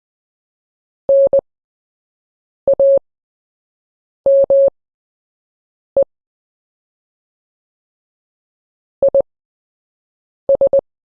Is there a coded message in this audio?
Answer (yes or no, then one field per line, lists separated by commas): yes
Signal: Morse code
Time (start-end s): 1.1-10.8 s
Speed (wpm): 20 wpm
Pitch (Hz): 550 Hz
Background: none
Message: NAME IS